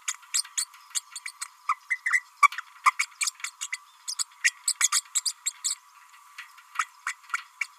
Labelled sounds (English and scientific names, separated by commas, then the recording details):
Green-rumped Parrotlet (Forpus passerinus) babbling
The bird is a female
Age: 31 days
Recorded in a nest box in Venezuela
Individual 17B32A5